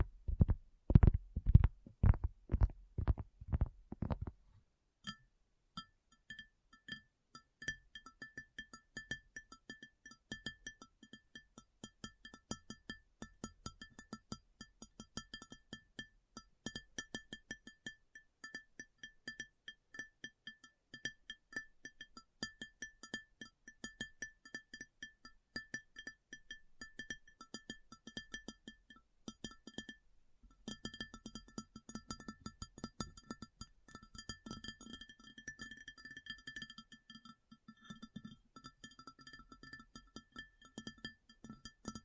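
ASMR tapping opens with about five seconds of slow, heavy low thumps, then becomes rapid, dense, bright clicking that stays steady with a brief gap near thirty seconds.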